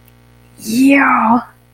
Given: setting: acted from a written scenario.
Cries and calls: vocal sound without words; pride

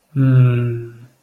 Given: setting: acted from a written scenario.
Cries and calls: vocal sound without words; contentment

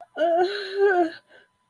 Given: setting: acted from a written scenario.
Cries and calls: vocal sound without words; distress

